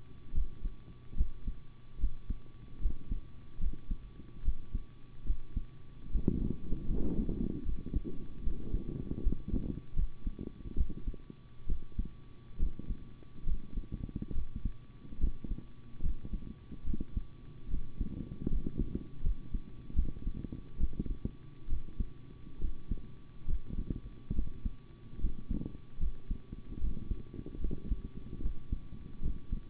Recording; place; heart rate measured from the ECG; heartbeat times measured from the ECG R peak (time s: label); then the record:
heart sounds by stethoscope; between the tricuspid and mitral areas; 73 bpm
0.33 s: heartbeat
1.16 s: heartbeat
1.98 s: heartbeat
2.80 s: heartbeat
3.59 s: heartbeat
4.43 s: heartbeat
5.25 s: heartbeat
6.10 s: heartbeat
6.86 s: heartbeat
7.64 s: heartbeat
8.42 s: heartbeat
9.21 s: heartbeat
9.94 s: heartbeat
10.76 s: heartbeat
11.67 s: heartbeat
12.58 s: heartbeat
13.45 s: heartbeat
14.33 s: heartbeat
15.19 s: heartbeat
16.01 s: heartbeat
16.84 s: heartbeat
17.68 s: heartbeat
18.49 s: heartbeat
19.22 s: heartbeat
19.94 s: heartbeat
20.79 s: heartbeat
21.68 s: heartbeat
22.59 s: heartbeat
23.46 s: heartbeat
24.33 s: heartbeat
25.19 s: heartbeat
25.98 s: heartbeat
26.79 s: heartbeat
27.59 s: heartbeat
28.40 s: heartbeat
29.21 s: heartbeat
From the record:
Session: rest, sitting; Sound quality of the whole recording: good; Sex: male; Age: 25 years